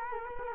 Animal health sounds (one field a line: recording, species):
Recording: mosquito wingbeat signal from an infrared sensor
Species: Culex quinquefasciatus